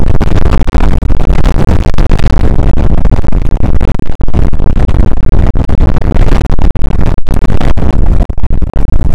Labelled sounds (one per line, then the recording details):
wind
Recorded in the Prudhoe Bay oil fields, Alaska, on 2 August 2019 at 01:30
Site 29